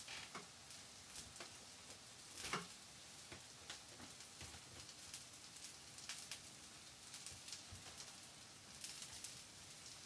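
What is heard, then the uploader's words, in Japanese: Cabbage-yaki, the Osaka specialty, cooks with a steady, bright sizzling hiss. Sharp pops and crackles break through constantly and irregularly, with a louder burst of spattering around the two-and-a-half-second mark. A faint low rumble sits underneath throughout. 大阪名物キャベツ焼き。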